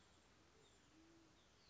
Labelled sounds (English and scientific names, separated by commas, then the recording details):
Band-tailed Pigeon (Patagioenas fasciata)
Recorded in Sonoma County, California